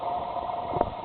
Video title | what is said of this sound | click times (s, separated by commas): 1973-1987 GM Truck Glove Box Latch Removal and Instillation | lock mechanism here click like that | 0.8 s